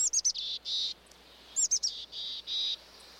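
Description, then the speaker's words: Mountain Chickadee calling twice, quick high chips followed by husky, buzzy dee notes, the phrase repeated after about a second and a half. Husky voice; heard among conifers in the Rockies. "Hike among conifers in the Rockies, and you'll be greeted by the husky voice of a mountain chickadee."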